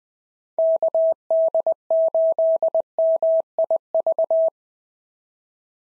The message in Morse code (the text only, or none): KD8MIV